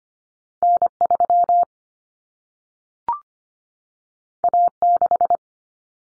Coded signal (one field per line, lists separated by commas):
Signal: Morse code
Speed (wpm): 25 wpm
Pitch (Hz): 700 Hz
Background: none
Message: N3 A6